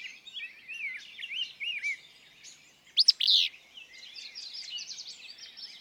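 Willow flycatcher giving a single abrupt, buzzy, explosive phrase midway, with many other small birds chirping and twittering throughout.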